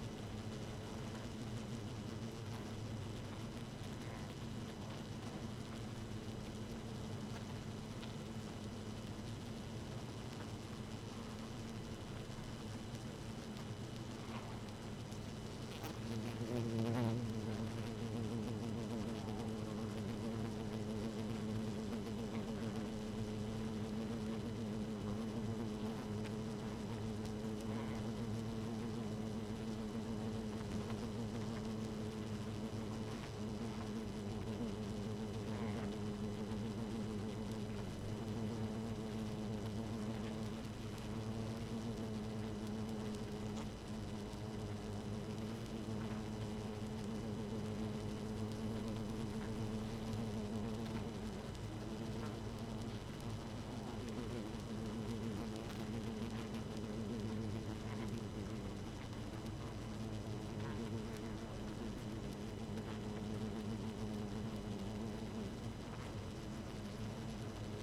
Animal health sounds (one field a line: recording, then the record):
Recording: honeybee colony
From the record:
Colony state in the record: active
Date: 12 June 2018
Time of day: 0:08